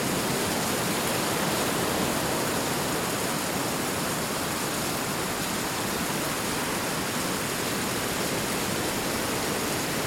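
Heavy rain pours down in a dense, unbroken hiss that fills everything from low rumble to bright top. The level holds steady for the whole stretch, with no distinct crashes or pauses, just a thick wall of falling water.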